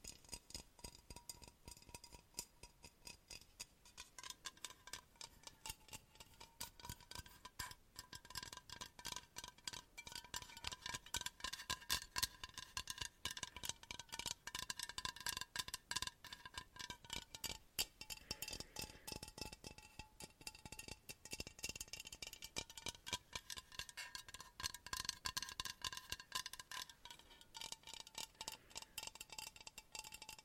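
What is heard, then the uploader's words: Intense, rapid tapping runs nonstop for the whole thirty seconds, dense clicks packed closely with uneven rhythm. A steady ringing tone sits underneath, dipping slightly in pitch a few times, and the taps have a bright, glassy, ticking edge. ASMR INTENSE TAPPING.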